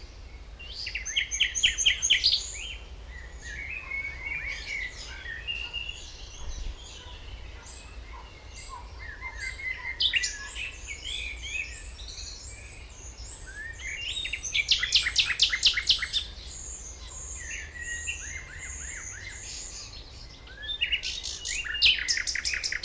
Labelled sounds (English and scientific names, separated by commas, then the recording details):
Common Nightingale (Luscinia megarhynchos) song
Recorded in the wild
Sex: male
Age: adult
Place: Lübars (Fließtal), Berlin, DE
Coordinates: 52.6167, 13.35
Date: 1998-05-23 18:18
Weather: cloudy, 15°C
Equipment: Sony MD-WM MZ-R3, Sennheiser MKH 416 T, Kopie Uher 4000 Report Monitor
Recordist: Tembrock, Günter